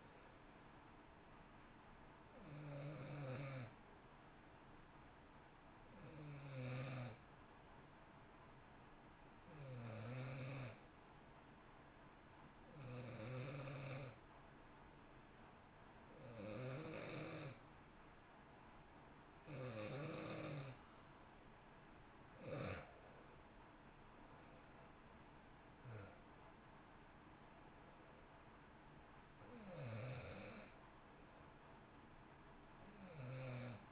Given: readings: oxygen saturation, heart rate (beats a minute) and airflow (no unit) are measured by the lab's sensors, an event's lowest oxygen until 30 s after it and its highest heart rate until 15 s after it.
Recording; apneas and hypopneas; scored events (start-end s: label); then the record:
breathing in sleep by a voice recorder at the bedside; 1
3.00-22.30 s: hypopnea (N2, oxygen 94% highest, then 90% lowest, heart rate 61 at the start, 70 highest)
From the record:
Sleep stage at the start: N2 (light sleep); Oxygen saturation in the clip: 90 to 94%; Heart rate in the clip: 57 to 70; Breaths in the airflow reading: 8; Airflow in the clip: -1.6 to 3.2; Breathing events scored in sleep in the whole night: 328 in 6.3 hours asleep